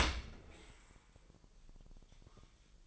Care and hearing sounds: daily activity, microphone in the room; open dishwasher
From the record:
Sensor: 5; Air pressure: 1000.7 hPa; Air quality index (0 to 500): 248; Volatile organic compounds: 35 ppm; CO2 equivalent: 3052 ppm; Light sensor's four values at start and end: 30/70/28/26 and 31/71/28/27

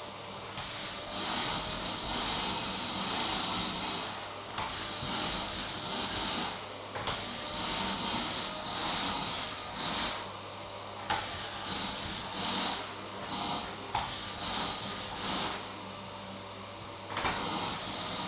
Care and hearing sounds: daily activity, microphone in the room; vacuum cleaning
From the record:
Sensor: 3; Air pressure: 1010.2 hPa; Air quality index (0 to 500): 171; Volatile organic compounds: 10 ppm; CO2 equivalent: 2232 ppm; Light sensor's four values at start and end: 47/117/51/56 and 49/122/53/59

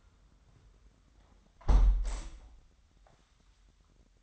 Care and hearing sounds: daily activity, microphone in the room; close window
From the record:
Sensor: 3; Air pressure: 998.5 hPa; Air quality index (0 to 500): 140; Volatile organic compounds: 4 ppm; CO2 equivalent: 1680 ppm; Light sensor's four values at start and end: 9/21/8/9 and 8/20/8/9

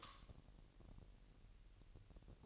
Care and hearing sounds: daily activity, microphone in the room; light off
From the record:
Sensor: 4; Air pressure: 1002.7 hPa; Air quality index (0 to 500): 248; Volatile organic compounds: 18 ppm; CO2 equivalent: 2602 ppm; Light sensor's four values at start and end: 7/16/6/6 and 6/13/5/5

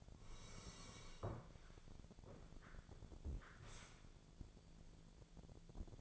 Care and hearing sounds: daily activity, microphone in the room; sit down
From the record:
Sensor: 5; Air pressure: 1000.6 hPa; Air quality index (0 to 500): 148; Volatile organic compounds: 2 ppm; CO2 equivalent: 1142 ppm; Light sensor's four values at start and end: 50/117/49/52 and 50/117/49/52

